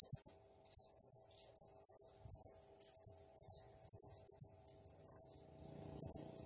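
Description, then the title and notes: Blue-crowned hanging parrot calls: sharp, very high chips, mostly in quick pairs, repeated with short gaps, with faint low noise near the end. Singing energetically (gacor, nembak style); recording used as masteran (lure/training sound) for other birds. "Burung Serindit Nembak Gacor Bikin Emosi Semua Burung. Suara Nasteran Dan Pemikat Burung Serinditan Gacor"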